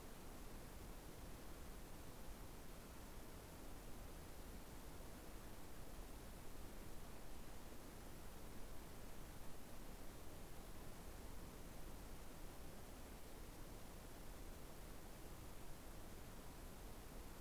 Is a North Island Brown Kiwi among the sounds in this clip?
no